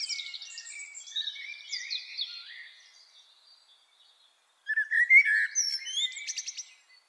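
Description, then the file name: Common blackbird: soft warbling trails off into a brief silence, then a loud low whistled phrase ends in sharp, squeaky twitters. "Turdus merula"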